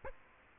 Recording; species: mosquito wingbeat signal from an infrared sensor; Aedes aegypti